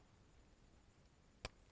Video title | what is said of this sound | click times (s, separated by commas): MC4 Solar Panel connector instructional video | you'll hear a little snap once it's in all the way | 1.5 s